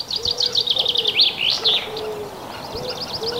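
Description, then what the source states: Common wood pigeon cooing: soft, low, hooting coos in a rhythmic phrase, overlaid by a louder high twittering songbird with fast trilled notes. Heard during a live early-morning bird-watching broadcast at daybreak.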